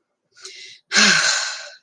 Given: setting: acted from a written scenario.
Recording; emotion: vocal sound without words; guilt